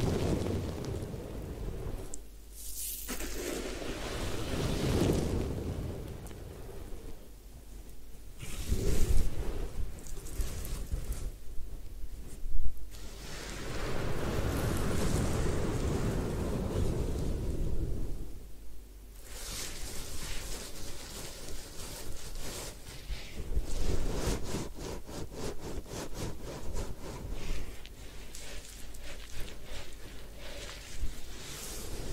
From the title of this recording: Head Spa Hair Wash, Massage, Ear Cleaning